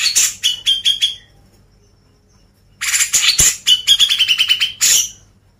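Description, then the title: Grey-cheeked bulbul song: two loud bursts of harsh, rapid chattering notes, the second a fast repeated series that drifts slightly downward, separated by a pause. "CUCAK JENGGOT"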